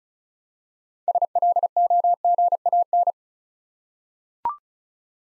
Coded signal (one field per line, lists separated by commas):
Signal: Morse code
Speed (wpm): 36 wpm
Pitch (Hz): 700 Hz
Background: none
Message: SLOGAN